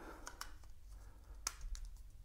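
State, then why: Not seated. A XGP V5.2 motorcycle intercom unit is turned over, set from above into its plastic helmet mounting bracket and slid along it, giving a few short plastic handling ticks and taps against faint background noise. The sharpest tick comes at 1.5 s. The unit has not latched yet, and nothing has seated or clicked into place by the end.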